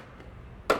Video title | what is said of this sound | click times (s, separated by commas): Broombi All-Surface Cleaning Broom, Dustpan & Mini 3 Piece Set on QVC | this dust pan is then you step on it hear it click | 0.7 s